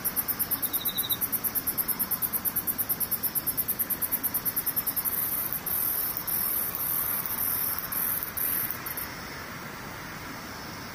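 An insect sings in a very high, thin trill of rapid, evenly spaced pulses for the first five seconds. The song then breaks into short separate bursts and stops around nine seconds, leaving only a steady soft hiss of background noise.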